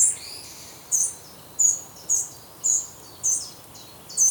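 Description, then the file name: Eurasian wren producing sharp, high ticking notes with brief rattling tails, over soft background noise. "Troglodytes troglodytes"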